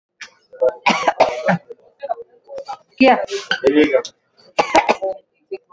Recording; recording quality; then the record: heavy voluntary cough; moderate, slight background noise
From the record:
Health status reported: exposed to COVID-19, no respiratory illness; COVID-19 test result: negative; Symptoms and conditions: none ticked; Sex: female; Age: 54 years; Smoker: not ticked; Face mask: not worn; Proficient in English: yes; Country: India